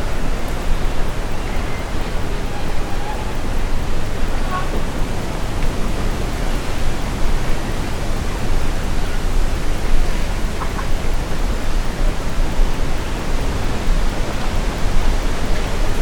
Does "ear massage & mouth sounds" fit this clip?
no